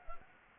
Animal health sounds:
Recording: mosquito wingbeat signal from an infrared sensor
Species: Anopheles gambiae

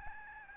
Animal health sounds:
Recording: mosquito wingbeat signal from an infrared sensor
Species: Aedes albopictus

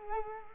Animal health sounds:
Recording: mosquito wingbeat signal from an infrared sensor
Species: Culex quinquefasciatus

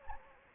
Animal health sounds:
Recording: mosquito wingbeat signal from an infrared sensor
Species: Anopheles gambiae

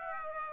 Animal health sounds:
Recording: mosquito wingbeat signal from an infrared sensor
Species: Aedes aegypti

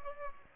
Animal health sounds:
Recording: mosquito wingbeat signal from an infrared sensor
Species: Aedes aegypti

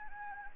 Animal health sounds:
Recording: mosquito wingbeat signal from an infrared sensor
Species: Anopheles arabiensis

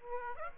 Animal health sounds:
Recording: mosquito wingbeat signal from an infrared sensor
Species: Aedes aegypti

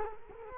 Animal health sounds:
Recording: mosquito wingbeat signal from an infrared sensor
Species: Culex quinquefasciatus

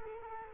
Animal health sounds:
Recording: mosquito wingbeat signal from an infrared sensor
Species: Culex quinquefasciatus

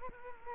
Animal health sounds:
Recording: mosquito wingbeat signal from an infrared sensor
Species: Culex quinquefasciatus

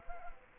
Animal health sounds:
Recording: mosquito wingbeat signal from an infrared sensor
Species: Culex quinquefasciatus

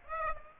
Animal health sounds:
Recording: mosquito wingbeat signal from an infrared sensor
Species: Aedes aegypti

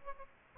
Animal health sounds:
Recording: mosquito wingbeat signal from an infrared sensor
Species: Aedes aegypti

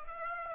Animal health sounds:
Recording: mosquito wingbeat signal from an infrared sensor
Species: Aedes aegypti

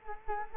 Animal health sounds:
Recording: mosquito wingbeat signal from an infrared sensor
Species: Culex quinquefasciatus

